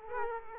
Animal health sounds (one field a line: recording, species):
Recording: mosquito wingbeat signal from an infrared sensor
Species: Aedes aegypti